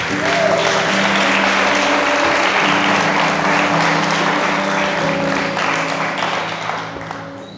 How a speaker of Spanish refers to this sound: ¿Cuántos pudieran darle un aplauso? Sí.